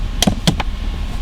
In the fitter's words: close it up make sure it's clicked in place